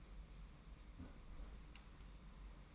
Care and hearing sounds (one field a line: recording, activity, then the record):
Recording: daily activity, microphone in the room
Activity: close fridge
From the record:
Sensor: 1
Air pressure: 991.8 hPa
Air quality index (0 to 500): 205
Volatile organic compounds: 1000 ppm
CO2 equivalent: 7930 ppm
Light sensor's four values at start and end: 29/102/39/39 and 29/101/39/39